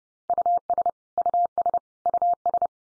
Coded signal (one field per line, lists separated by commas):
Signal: Morse code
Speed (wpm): 30 wpm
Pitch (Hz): 700 Hz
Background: none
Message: US US US